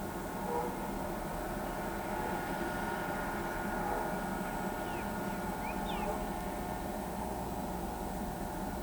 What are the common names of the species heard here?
Crested Bobwhite